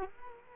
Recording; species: mosquito wingbeat signal from an infrared sensor; Culex quinquefasciatus